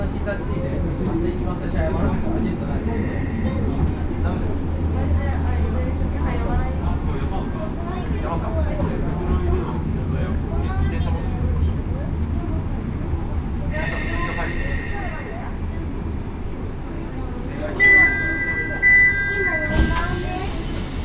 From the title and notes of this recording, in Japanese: 明知鉄道 明智→恵那。１両のレールバスは子供連れや高校生もいるなど一杯で予想外のにぎわいでした。